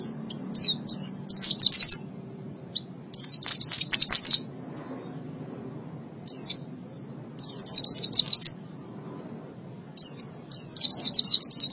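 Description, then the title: White-eye song: bursts of high, thin descending chirps, some brief and some about a second long, separated by pauses, over a low steady hum. Long-duration white-eye song. "Kicauan Burung Pleci Durasi Panjang"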